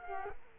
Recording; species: mosquito wingbeat signal from an infrared sensor; Culex quinquefasciatus